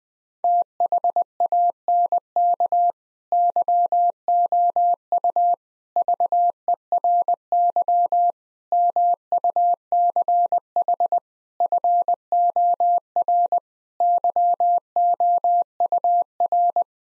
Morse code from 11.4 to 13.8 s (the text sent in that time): FOR